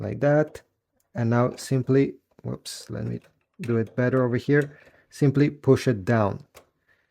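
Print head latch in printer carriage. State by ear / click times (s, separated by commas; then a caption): not seated / none. A plastic print head latch in the printer carriage of an HP Smart Tank 6001 is handled and pushed down into place after a second attempt while someone talks. The clip ends before the part goes home, and nothing has seated or clicked yet.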